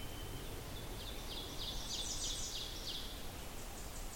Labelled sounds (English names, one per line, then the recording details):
Ovenbird song
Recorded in boreal forest in Alberta, Canada, on 20 June 2016 at 07:03
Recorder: SongMeter 3, array SBT-6-81
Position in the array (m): 156 m, 243 m
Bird 25